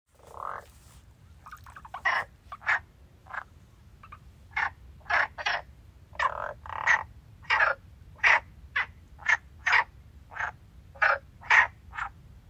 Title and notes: Lagoa De Traba Rás. Rás cantando na Lagoa de Traba. Gravación das rás cantando no ponte de pedra da Lagoa de Traba